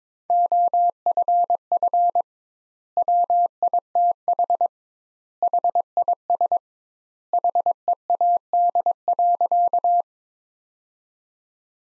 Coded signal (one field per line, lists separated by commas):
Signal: Morse code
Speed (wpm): 23 wpm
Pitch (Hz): 700 Hz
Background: none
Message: OFF WITH HIS HEAD.